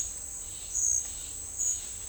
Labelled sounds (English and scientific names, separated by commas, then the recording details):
none
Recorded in dense forest near Puerto Asís, Putumayo, Colombia, on 20 December 2024 at 10:30
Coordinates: 0.485, -76.318
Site GP03